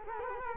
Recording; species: mosquito wingbeat signal from an infrared sensor; Culex quinquefasciatus